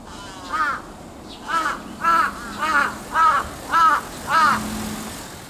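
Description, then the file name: Large-billed crow giving seven hoarse, throaty caws in a fairly steady series. "hasibutogarasu"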